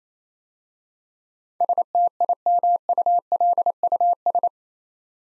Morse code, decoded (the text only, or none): STIMULUS